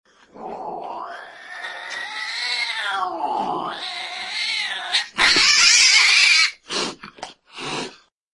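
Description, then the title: Domestic cat giving a long, drawn-out wailing meow that rises and falls in pitch over several seconds, followed by a few harsh noisy bursts. Pet cat. "kucingku"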